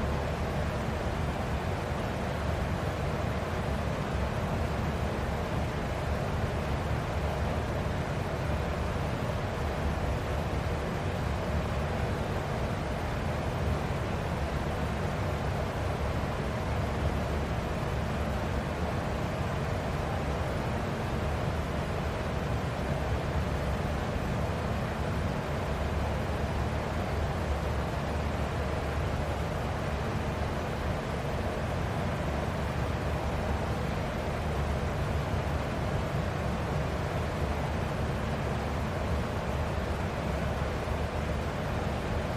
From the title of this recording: Fan White Noise